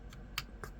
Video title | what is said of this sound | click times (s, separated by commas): Ghostbusters 3D Printable conversion kit for SS86 Optimus Prime Trailer | it will click like that. You'll hear a click, and | 0.4 s